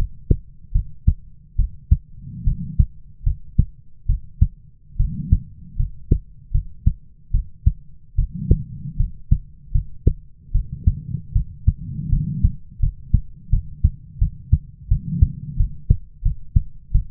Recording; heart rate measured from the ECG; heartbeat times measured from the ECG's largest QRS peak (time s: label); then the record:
heart sounds by stethoscope; 78 bpm
0.72 s: heartbeat
1.56 s: heartbeat
2.44 s: heartbeat
3.24 s: heartbeat
4.06 s: heartbeat
4.97 s: heartbeat
5.77 s: heartbeat
6.52 s: heartbeat
7.31 s: heartbeat
8.16 s: heartbeat
8.97 s: heartbeat
9.72 s: heartbeat
10.52 s: heartbeat
11.33 s: heartbeat
12.10 s: heartbeat
12.80 s: heartbeat
13.50 s: heartbeat
14.19 s: heartbeat
14.88 s: heartbeat
15.57 s: heartbeat
16.23 s: heartbeat
16.92 s: heartbeat
From the record:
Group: healthy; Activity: rest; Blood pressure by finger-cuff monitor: 110/79 mmHg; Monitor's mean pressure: 88 mmHg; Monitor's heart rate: 80 bpm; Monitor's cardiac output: 5.8 L/min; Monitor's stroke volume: 75 mL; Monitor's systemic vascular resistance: 1100 dyn s/cm5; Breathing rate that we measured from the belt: 18 breaths a minute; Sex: female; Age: 22 years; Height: 157 cm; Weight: 47.6 kg